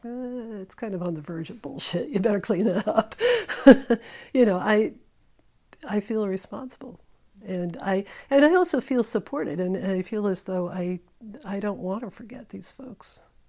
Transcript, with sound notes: "Eh, it's kind of on the verge of bullshit. You better clean it up." [laughter] You know, I feel responsible. And I also feel supported, and I feel as though I don't want to forget these folks.